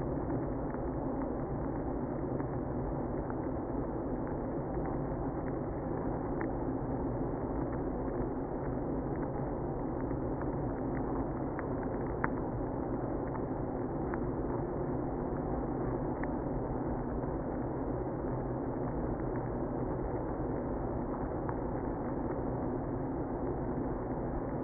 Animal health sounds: honeybee colony, microphone inside the hive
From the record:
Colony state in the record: queenless (queen removed); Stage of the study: after two queens were removed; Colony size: about 60,000 bees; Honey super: yes

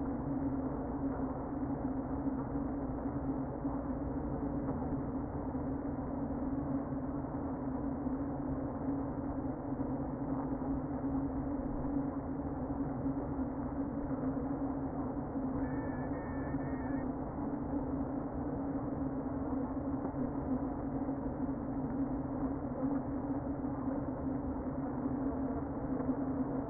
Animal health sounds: honeybee colony, microphone inside the hive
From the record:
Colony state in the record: queen present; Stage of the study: before two queens were removed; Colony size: about 60,000 bees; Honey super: yes

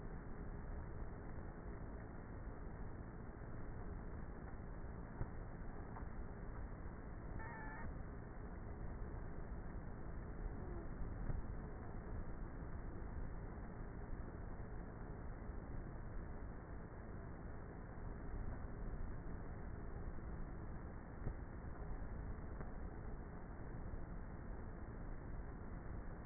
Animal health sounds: honeybee colony, microphone inside the hive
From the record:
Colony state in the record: queenless with a low population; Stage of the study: before two queens were removed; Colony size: about 30,000 bees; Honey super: no

